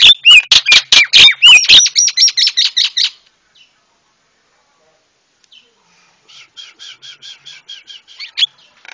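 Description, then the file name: Javan myna song: a burst of loud harsh pulsed notes and whistles, a silent gap, then a quieter series of short repeated chirps. Masteran for training cage birds; white-eyed form (mata putih). "masteran jalak kebo mata putih"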